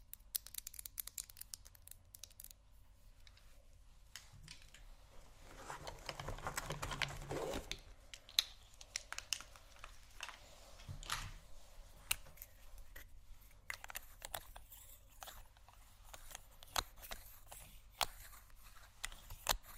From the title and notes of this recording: ASMR Rummaging Through My Makeup Bag （No Talking）.